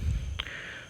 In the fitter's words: full lock ആയിട്ടുണ്ട് അപ്പ working smooth ആണ് ഓക്കെയആണ്